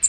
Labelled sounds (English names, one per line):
American Redstart flight call